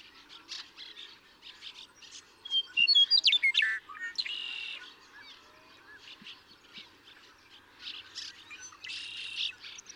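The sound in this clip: Western meadowlark song, a burst of flutey whistles and warbles, amid a busy background of chirping and buzzy bird notes.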